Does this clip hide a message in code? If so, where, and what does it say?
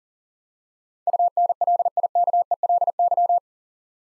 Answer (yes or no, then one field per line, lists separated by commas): yes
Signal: Morse code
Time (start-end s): 1.1-3.4 s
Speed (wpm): 40 wpm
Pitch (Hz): 700 Hz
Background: none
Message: UNLIKELY